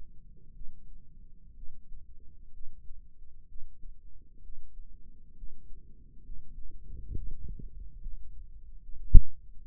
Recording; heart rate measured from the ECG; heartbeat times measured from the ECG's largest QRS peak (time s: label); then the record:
heart sounds by microphone in the left ear; 66 bpm
0.53 s: heartbeat
1.55 s: heartbeat
2.52 s: heartbeat
3.47 s: heartbeat
4.41 s: heartbeat
5.35 s: heartbeat
6.23 s: heartbeat
7.15 s: heartbeat
8.00 s: heartbeat
8.82 s: heartbeat
9.66 s: heartbeat
From the record:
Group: healthy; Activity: rest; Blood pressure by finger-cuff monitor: 133/66 mmHg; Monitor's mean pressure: 88 mmHg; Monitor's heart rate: 64 bpm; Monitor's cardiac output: 6.3 L/min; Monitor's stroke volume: 99 mL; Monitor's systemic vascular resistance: 1030 dyn s/cm5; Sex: female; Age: 37 years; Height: 168 cm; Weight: 70 kg